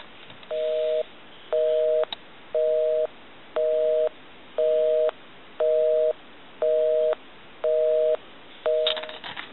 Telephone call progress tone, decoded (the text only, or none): busy tone